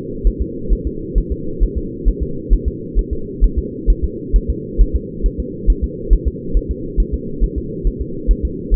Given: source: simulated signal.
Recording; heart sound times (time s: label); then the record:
fetal heart sounds
0.27 s: S1
0.42 s: S2
0.73 s: S1
0.87 s: S2
1.18 s: S1
1.32 s: S2
1.63 s: S1
1.78 s: S2
2.09 s: S1
2.23 s: S2
2.54 s: S1
2.68 s: S2
2.99 s: S1
3.13 s: S2
3.44 s: S1
3.59 s: S2
3.90 s: S1
4.04 s: S2
4.36 s: S1
4.50 s: S2
4.81 s: S1
4.96 s: S2
5.26 s: S1
5.40 s: S2
5.70 s: S1
5.84 s: S2
6.13 s: S1
6.28 s: S2
6.57 s: S1
6.71 s: S2
7.00 s: S1
7.14 s: S2
7.44 s: S1
7.58 s: S2
7.87 s: S1
8.01 s: S2
8.31 s: S1
8.45 s: S2
8.74 s: S1
From the record:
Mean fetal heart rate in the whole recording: 135 bpm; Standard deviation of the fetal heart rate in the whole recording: 3 bpm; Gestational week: 36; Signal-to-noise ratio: -4.3 dB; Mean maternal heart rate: 72 bpm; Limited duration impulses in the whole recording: absent